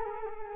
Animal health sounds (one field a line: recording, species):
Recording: mosquito wingbeat signal from an infrared sensor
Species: Culex quinquefasciatus